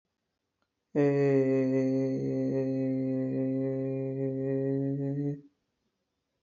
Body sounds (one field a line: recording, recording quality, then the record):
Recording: sustained vowel as in made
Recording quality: excellent, no background noise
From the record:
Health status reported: healthy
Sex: male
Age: 27 years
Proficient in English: yes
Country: India